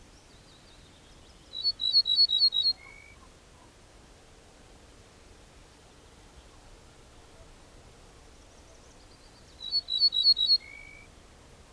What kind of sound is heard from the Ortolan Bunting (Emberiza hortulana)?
song